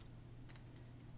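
A ribbon connector's locking latch on the control board of a Sennheiser EW 300 G2, under repair for a power button issue, is handled with tweezers or a pick before being pushed closed over the ribbon cable. Only a steady low hum and faint handling ticks near 0.0 s and 0.6 s are heard. The latch has not clicked shut and nothing has seated yet.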